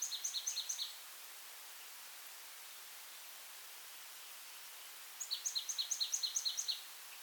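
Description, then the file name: Marsh tit call series, rapid high chips in two bursts, the second longer with about a dozen notes, over constant background hiss. "Poecile palustris"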